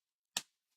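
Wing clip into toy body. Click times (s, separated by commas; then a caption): 0.4 s. A detachable wing is pushed onto a toy body, and its two side clips snap into place with a single sharp, broadband click at 0.4 s that decays within about a tenth of a second. The wing is seated and clicked in, and the wings can be taken on and off for maintenance. The rest of the clip is near-silent apart from a very faint tick around 0.7 s.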